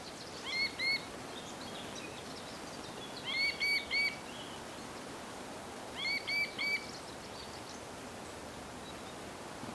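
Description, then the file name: Little grebe calls: short bursts of two to four high, squeaky notes, each burst about three seconds apart, over a steady background hiss. "Dodaars Tachybaptus ruficollis"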